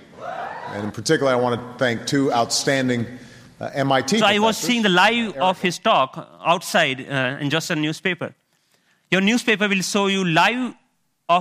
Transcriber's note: none